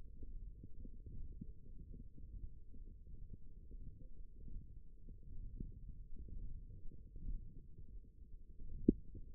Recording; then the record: forearm muscle sounds (acoustic myography)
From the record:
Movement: hook grip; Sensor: system 1, eight BSWA MPA416 microphones around the upper forearm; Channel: 4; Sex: male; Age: 23 years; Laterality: right